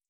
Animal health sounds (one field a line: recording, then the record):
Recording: hydrophone in a shrimp aquaculture tank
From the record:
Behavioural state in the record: feeding